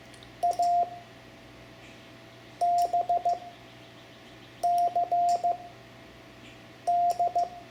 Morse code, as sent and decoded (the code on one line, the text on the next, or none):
.- / -... / -.-. / -..
A B C D